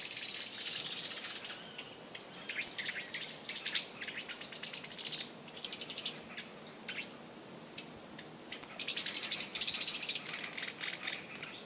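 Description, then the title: Bird song, a dense run of quick high chirps and trills, with a thin high note repeating steadily through. "LuckyPassaro Completos2Sama"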